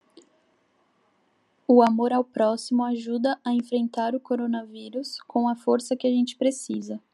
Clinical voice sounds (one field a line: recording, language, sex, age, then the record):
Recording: spoken sentence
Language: Brazilian Portuguese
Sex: female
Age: 20 to 29 years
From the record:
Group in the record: control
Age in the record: 24 years